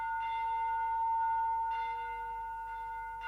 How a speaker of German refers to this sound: Wo aber tönet diese Glocken, hat angehoben Ewigkeit.